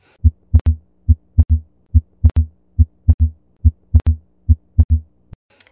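Heart by stethoscope, about 70 beats per minute. Abnormal, widely split second heart sound (S2), which can reflect volume overload or electrical delay in a right bundle branch block.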